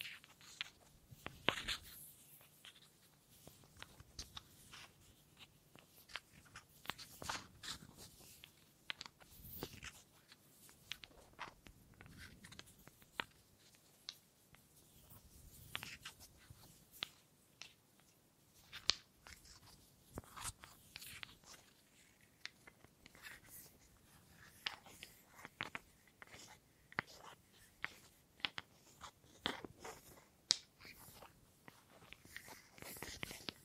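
Wood triggers: irregular dry taps, scratches and clicks on wood, sharp and bright, coming every second or so over near silence.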